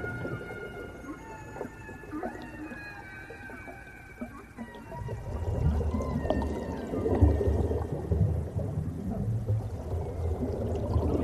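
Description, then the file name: Dolphin whistles, several short and long tonal calls with harmonics early on, then louder bubbling and gurgling water noise. "Zvuki prirody - Delfiny i kity"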